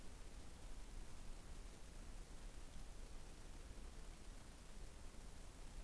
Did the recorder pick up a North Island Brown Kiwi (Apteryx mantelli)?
no